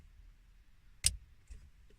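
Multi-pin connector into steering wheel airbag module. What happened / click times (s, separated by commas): The multi-pin connector clicked into place / 1.1 s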